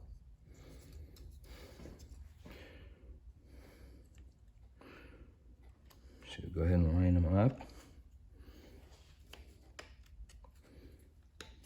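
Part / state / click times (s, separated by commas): wiring connector onto transmission solenoid harness / seated / 11.4 s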